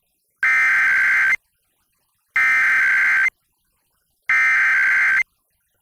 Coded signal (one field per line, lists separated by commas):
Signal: Emergency Alert System (SAME) tones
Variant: header bursts